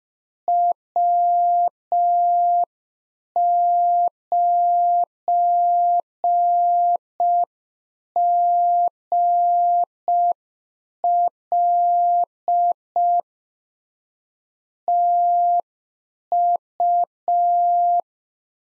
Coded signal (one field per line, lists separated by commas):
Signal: Morse code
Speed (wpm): 5 wpm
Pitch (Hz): 700 Hz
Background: none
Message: W9GL TU